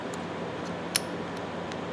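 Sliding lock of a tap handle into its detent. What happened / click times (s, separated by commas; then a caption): The sliding lock snapped into its detent / 1.0 s. The sliding part of an old metal tap handle is moved into one of its three detent indentations, giving a single sharp, bright click at 1.0 s over a steady low background hum. The slide locks into place in the detent.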